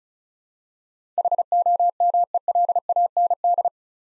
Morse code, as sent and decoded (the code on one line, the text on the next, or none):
.... --- -- . .-.. .- -. -..
HOMELAND